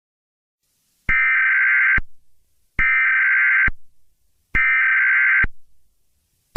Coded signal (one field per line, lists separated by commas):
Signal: Emergency Alert System (SAME) tones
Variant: header bursts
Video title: Creepy EAS Mock: Do Not Go to Sleep Tonight